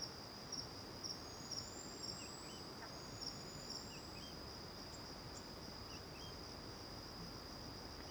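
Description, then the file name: Cricket song as an unbroken high trill punctuated by louder chirps about twice per second early on, with thin rising bird whistles and scattered calls. Morning, back to the river near the Angelica cave; crickets first far then nearby; AB stereo microphone setup. "De costas para o rio perto da caverna angelica de manha, varios passaros, grilos longe e depois perto, gravacao em ab"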